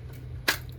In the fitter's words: down in there. Good positive click.